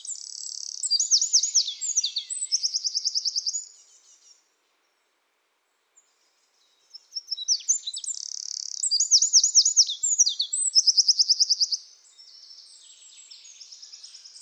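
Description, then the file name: Eurasian wren singing two loud, rapid, high-pitched outbursts of tumbling notes and hard rattling trills, separated by a few seconds of silence. "Troglodytes troglodytes"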